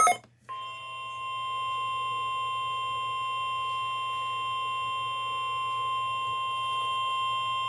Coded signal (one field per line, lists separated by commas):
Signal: Emergency Alert System (SAME) tones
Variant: 1050 Hz attention tone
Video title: First RWT In Months (EAS #27)